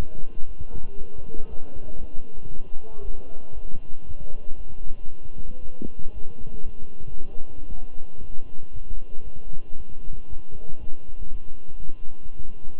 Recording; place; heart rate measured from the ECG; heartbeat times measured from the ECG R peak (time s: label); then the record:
heart sounds by stethoscope; between the tricuspid and mitral areas; 116 bpm
0.47 s: heartbeat
0.97 s: heartbeat
1.48 s: heartbeat
1.99 s: heartbeat
2.50 s: heartbeat
3.01 s: heartbeat
3.53 s: heartbeat
4.05 s: heartbeat
4.56 s: heartbeat
5.08 s: heartbeat
5.60 s: heartbeat
6.13 s: heartbeat
6.64 s: heartbeat
7.16 s: heartbeat
7.68 s: heartbeat
8.20 s: heartbeat
8.72 s: heartbeat
9.23 s: heartbeat
9.76 s: heartbeat
10.28 s: heartbeat
10.79 s: heartbeat
11.31 s: heartbeat
11.83 s: heartbeat
12.35 s: heartbeat
From the record:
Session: walking at 3.7 km/h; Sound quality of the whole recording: good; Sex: male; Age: 23 years